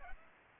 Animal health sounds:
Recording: mosquito wingbeat signal from an infrared sensor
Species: Aedes aegypti

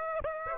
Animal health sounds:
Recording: mosquito wingbeat signal from an infrared sensor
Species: Aedes aegypti

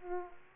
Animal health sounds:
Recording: mosquito wingbeat signal from an infrared sensor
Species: Aedes aegypti

